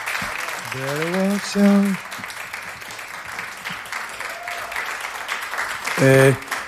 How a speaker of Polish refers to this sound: Jeszcze raz brawa mojej mili